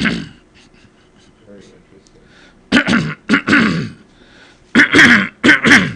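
Repeated throat clearing in an adult with chronic throat clearing from sensory neuropathic cough, in bursts separated by pauses, triggered by a fluttering sensation in the throat, like a piece of paper, that feels like something there to get out.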